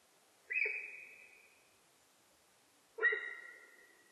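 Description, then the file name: Sika deer whistles: two loud, high, steady whistled calls about two and a half seconds apart, each starting sharply and trailing off. Recorded in Japan on 4 November 2006. "061104 nihonjika"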